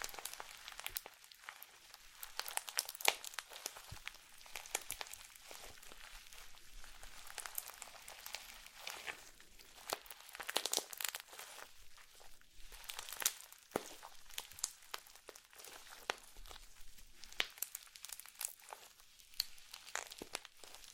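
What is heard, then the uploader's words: Wet squishing and crackling of slime being pressed and stretched, a dense run of small sticky pops and crinkles with no pause. The sounds are bright and crisp with little low end. Satisfying ASMR Slime To Cause Your Tingles ~No Talking.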